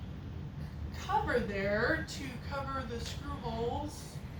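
A small plastic screw-hole cover is held over the screw holes on a MUZII pink gaming chair during assembly, ready to be pressed into place. Someone talks over a faint background hiss, and nothing has seated or clicked yet.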